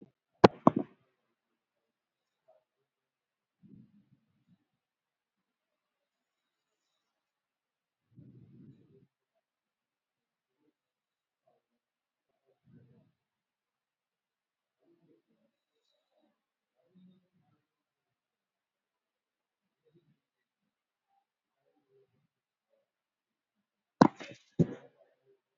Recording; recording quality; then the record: shallow breathing; excellent, no background noise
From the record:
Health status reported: COVID-19 positive, moderate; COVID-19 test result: positive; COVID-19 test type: RT-PCR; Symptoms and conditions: cold, sore throat, loss of smell and taste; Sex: female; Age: 35 years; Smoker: no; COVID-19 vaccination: one dose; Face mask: worn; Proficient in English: yes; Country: India